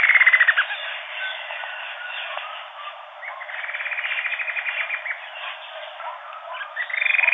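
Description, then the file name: Bird calls, a short pulsed burst at the start, a softer rapid pulse series in the middle, and another loud burst at the end. "SABIOD 50 bird 2015"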